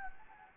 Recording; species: mosquito wingbeat signal from an infrared sensor; Anopheles gambiae